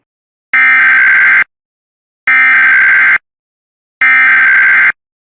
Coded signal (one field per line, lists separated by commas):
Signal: Emergency Alert System (SAME) tones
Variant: header bursts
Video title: EAS law enforcement warning for wjon